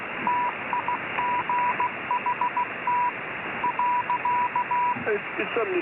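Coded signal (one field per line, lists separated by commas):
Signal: Morse code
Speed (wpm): 16 wpm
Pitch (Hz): 980 Hz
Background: speech, radio noise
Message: TIGHT .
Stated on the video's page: Morse heard on a live Yavapai County, Arizona scanner feed.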